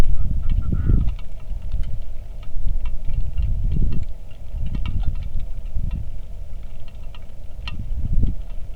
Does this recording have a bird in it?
yes